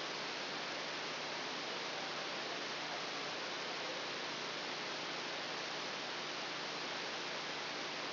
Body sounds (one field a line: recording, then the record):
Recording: brain microelectrode recording played as sound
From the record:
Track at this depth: outside the subthalamic nucleus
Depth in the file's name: -0.084 mm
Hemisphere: left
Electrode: 2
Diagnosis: Parkinson's disease